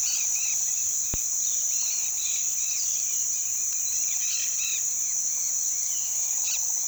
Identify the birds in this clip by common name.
Dusky-headed Parakeet